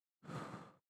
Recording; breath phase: one breath near a microphone; exhalation